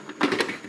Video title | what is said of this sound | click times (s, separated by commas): 마이그레이션 어시스턴트 실패기 // 시놀로지나스 마이그레이션1 | 넣습니다. 끝까지 밀어 넣으시고 딸깍 끝이에요. | 0.4 s